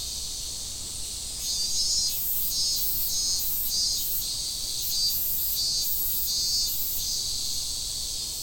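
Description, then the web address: Cicada buzzing: a continuous high whine broken into rhythmic pulses after the first moment. Fukushima, 30 July 2015. "fukudai 150730 fu cicadda 150730"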